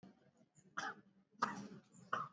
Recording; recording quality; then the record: shallow voluntary cough; excellent, no background noise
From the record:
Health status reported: exposed to COVID-19, no respiratory illness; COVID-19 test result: not tested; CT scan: not taken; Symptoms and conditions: none ticked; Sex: male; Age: 31 years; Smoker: yes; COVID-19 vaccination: both doses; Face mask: worn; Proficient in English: yes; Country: India